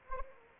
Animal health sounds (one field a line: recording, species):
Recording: mosquito wingbeat signal from an infrared sensor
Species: Anopheles arabiensis